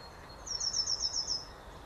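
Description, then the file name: Eurasian blue tit: a single thin, high-pitched, quickly repeated trill lasting about a second, with faint background noise. "Cyanistes caeruleus"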